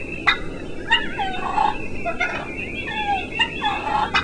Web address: wildlife turkey sound Cluck Purr